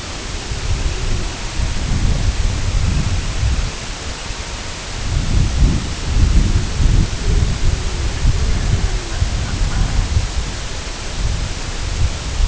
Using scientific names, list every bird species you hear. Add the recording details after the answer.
Gavia stellata. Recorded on Arctic tundra, site IGLO-A, on 22 June 2018. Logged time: 05:59